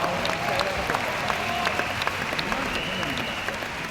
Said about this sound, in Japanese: 拍手を送ってあげて。はい、どうもありがとう。